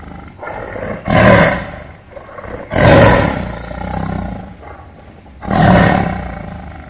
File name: Tieng ho gam